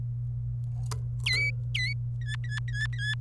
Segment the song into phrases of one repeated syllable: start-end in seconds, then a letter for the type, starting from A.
1.26-1.93 A, 2.21-3.14 B